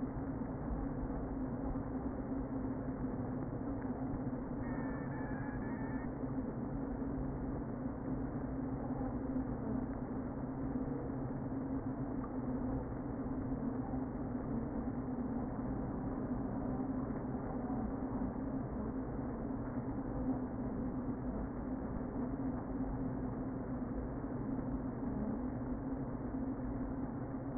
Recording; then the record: honeybee colony, microphone inside the hive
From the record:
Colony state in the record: queen present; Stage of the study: before two queens were removed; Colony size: about 60,000 bees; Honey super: yes